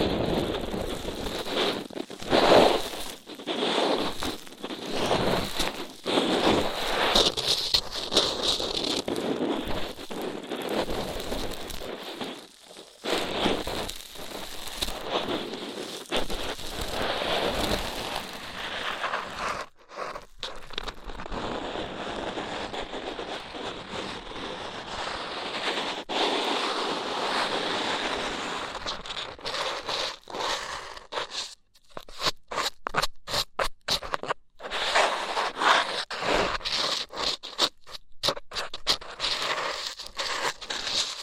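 Ear cleaning with rough, scratchy rubbing and scraping, dense and continuous for the first twenty seconds with quick irregular strokes. After that the scratching thins into choppier bursts separated by brief silences, crackly and bright, with short pauses around 31 and 34 seconds.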